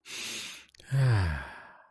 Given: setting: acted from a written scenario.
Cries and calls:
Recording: vocal sound without words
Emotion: serenity

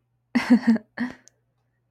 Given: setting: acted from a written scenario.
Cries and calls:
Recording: vocal sound without words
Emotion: amusement

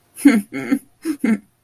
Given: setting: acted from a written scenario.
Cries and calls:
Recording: vocal sound without words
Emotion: embarrassment

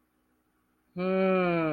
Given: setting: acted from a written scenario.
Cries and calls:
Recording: vocal sound without words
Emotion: confusion

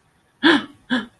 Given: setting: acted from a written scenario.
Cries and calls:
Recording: vocal sound without words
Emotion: negative surprise

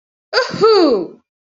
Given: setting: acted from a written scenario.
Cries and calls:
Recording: vocal sound without words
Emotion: pride

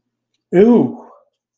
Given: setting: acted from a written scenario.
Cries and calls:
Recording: vocal sound without words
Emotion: negative surprise

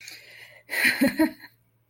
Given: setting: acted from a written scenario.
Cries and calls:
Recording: vocal sound without words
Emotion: amusement

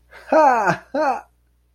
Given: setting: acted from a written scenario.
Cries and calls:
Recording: vocal sound without words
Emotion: amusement

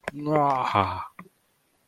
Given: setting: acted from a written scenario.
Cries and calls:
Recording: vocal sound without words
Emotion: negative surprise

